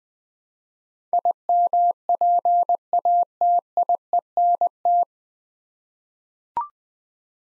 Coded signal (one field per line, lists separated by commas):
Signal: Morse code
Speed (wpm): 20 wpm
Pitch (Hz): 700 Hz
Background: none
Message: IMPATIENT